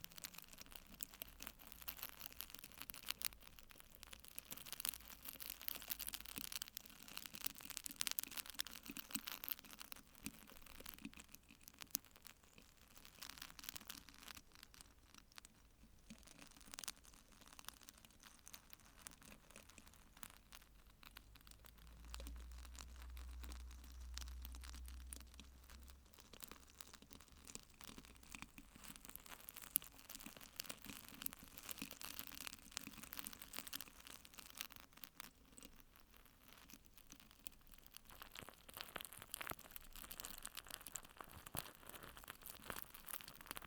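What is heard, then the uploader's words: Plastic wrap rustles and crinkles right against the microphone, a dense, continuous crackle with bright hiss across the top. The texture rises and falls in density, with brief quieter gaps around 15 and 36 seconds, and a low thumping rumble swells near 22 to 26 seconds. ASMR Plastic Wrap On The Microphone.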